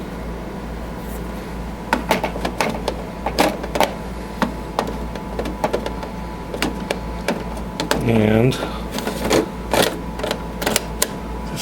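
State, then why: Seated. An ink cartridge is pushed into its slot in an Epson WorkForce Pro WP-4590 inkjet printer while someone talks, with a series of plastic taps and handling clicks before it. It snaps into place with a sharp click at 11.0 s.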